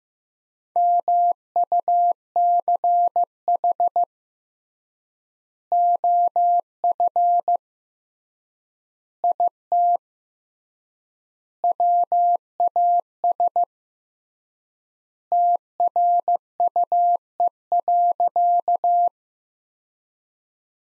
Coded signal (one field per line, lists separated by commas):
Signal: Morse code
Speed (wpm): 16 wpm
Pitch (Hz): 700 Hz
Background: none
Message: MUCH OF IT WAS TRUE.